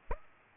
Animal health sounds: mosquito wingbeat signal from an infrared sensor; Aedes aegypti

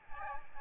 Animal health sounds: mosquito wingbeat signal from an infrared sensor; Aedes albopictus

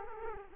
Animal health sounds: mosquito wingbeat signal from an infrared sensor; Culex quinquefasciatus

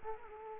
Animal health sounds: mosquito wingbeat signal from an infrared sensor; Culex quinquefasciatus

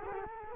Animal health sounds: mosquito wingbeat signal from an infrared sensor; Culex quinquefasciatus

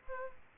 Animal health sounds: mosquito wingbeat signal from an infrared sensor; Aedes aegypti

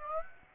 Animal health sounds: mosquito wingbeat signal from an infrared sensor; Aedes aegypti

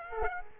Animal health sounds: mosquito wingbeat signal from an infrared sensor; Aedes aegypti

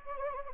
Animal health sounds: mosquito wingbeat signal from an infrared sensor; Anopheles gambiae

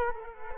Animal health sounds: mosquito wingbeat signal from an infrared sensor; Culex quinquefasciatus

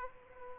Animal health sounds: mosquito wingbeat signal from an infrared sensor; Aedes aegypti

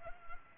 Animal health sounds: mosquito wingbeat signal from an infrared sensor; Culex pipiens

